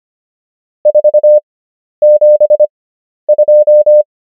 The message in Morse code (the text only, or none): 472